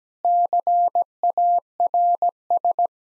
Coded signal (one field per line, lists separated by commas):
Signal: Morse code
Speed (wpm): 17 wpm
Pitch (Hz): 700 Hz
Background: none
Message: CARS